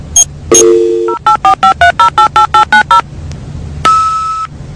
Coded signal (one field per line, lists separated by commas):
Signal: DTMF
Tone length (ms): 110 ms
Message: 08453088890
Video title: Dial Up Internet Sound ( Funny)